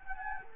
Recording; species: mosquito wingbeat signal from an infrared sensor; Anopheles gambiae